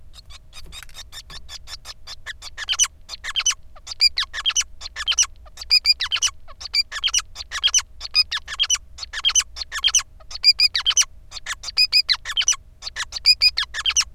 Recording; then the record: song of a male Bengalese finch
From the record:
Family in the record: son of father 5